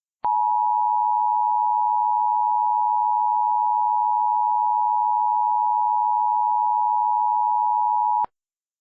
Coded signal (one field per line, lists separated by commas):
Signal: Emergency Alert System (SAME) tones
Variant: 853 and 960 Hz attention tone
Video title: *VALID TONES* Cracking Earth (EAS Scenario)